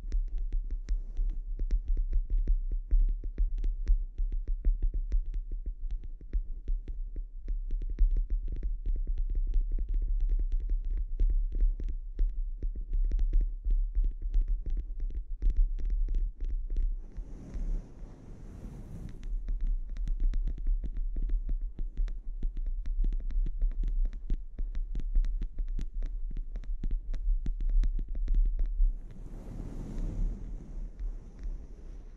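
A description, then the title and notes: A scalp treatment device runs with a steady low hum and a dense, rapid ticking throughout. Around 17 to 19 seconds and again near 29 to 31 seconds, a rushing hiss swells in with a thin high whistle, then fades. ASMR Sleep Inducing Scalp Treatment (No Talking).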